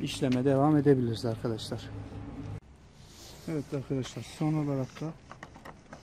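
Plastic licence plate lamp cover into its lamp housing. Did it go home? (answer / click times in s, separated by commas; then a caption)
no / none. During a licence plate bulb change on a Hyundai Accent Era, a plastic licence plate lamp cover is handled and pressed toward its lamp housing while someone talks. A few faint, short ticks of handling come near the end, and nothing has seated or clicked yet.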